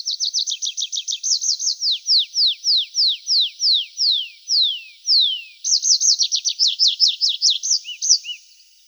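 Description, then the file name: Tree pipit singing: a fast trill leads into a slow series of long, sweeping descending notes, then another quick trill of repeated notes. "Konek lesnoj"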